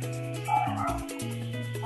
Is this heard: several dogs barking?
yes